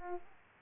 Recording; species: mosquito wingbeat signal from an infrared sensor; Aedes aegypti